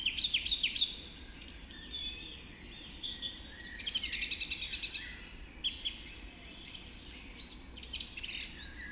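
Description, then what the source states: Dawn chorus of mixed songbirds: quick repeated notes, a fast buzzy trill near the middle and scattered high chirps from several birds. Dawn chorus recorded just after dawn in the Forest of Dean.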